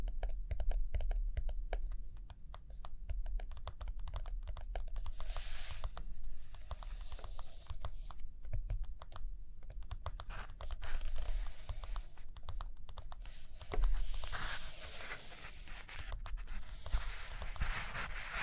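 Busy tapping and light scratching of writing or drawing run throughout, with quick irregular clicks packed close together. Brighter rustling swells come around 5–6 seconds and again from about 14 to 17 seconds, like pages turning, over a steady low hum.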